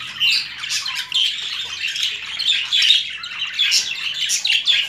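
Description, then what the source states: Budgerigar chattering with a steady stream of harsh, scratchy squawks and chirps. Female budgerigar; mixed sounds.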